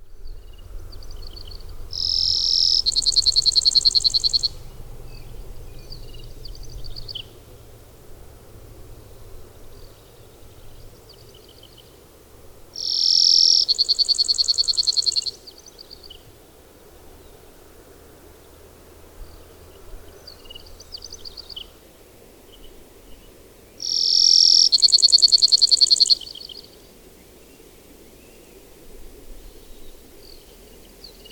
Brewer's Sparrow song recorded in Upper Beaver Meadows in Rocky Mountain National Park.